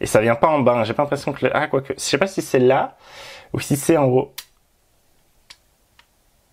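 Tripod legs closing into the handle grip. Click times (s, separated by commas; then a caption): 5.5 s, 6.0 s. Someone talks for about the first four seconds; then, after a quiet pause, the folding legs of a Switchpod mini vlogging tripod are closed back into its compact handle grip. Two sharp clicks are heard at 5.5 s and 6.0 s as the legs seat shut in the grip.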